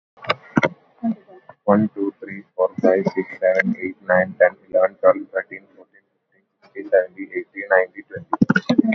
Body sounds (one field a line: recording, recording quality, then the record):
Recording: counting at a fast pace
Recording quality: moderate, slight background noise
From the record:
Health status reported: COVID-19 positive, mild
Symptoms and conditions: sore throat, fever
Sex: male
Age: 25 years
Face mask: worn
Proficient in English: yes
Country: India